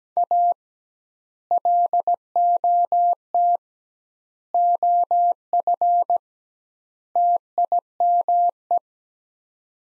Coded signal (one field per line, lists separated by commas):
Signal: Morse code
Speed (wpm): 17 wpm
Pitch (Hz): 700 Hz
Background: none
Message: A LOT OF TIME